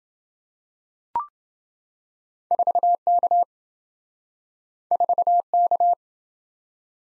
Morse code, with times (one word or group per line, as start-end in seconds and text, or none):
2.5-3.4 4K
4.9-5.9 4K